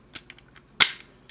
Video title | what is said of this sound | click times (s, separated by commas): Transformers Generation 1 Reissue Megatron | Just like that. Until it clicks into place. | 0.8 s